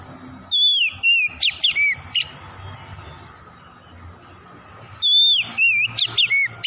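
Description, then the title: Oriental magpie-robin song: two bursts of clear whistled phrases, sliding down and rising again, separated by a pause of about three seconds, over a faint steady hum. Tretes variety, singing vigorously (gacor). "Kacer Tretes"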